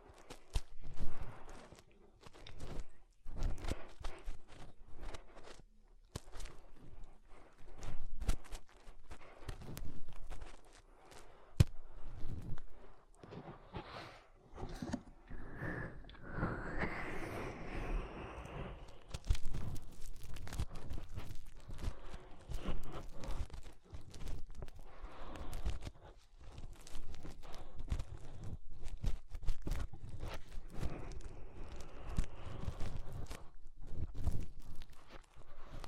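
Fingers rub and scrape inside the ear, making dense, irregular crackling and thumping sounds with no steady rhythm. The noises come in quick bursts, low and muffled at times, with brighter scratchy rustling between about 15 and 20 seconds and again near 30 seconds.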